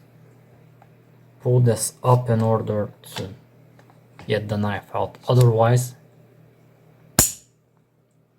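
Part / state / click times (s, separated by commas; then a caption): field knife blade into its polymer sheath retention lock / seated / 7.2 s. Someone talks, then a Glock Model 78 fixed-blade field knife is pushed into its plastic/polymer sheath and snaps into the retention catch with a single sharp click at 7.2 s. The knife is seated and locked in the sheath so it stays in and cannot fall out.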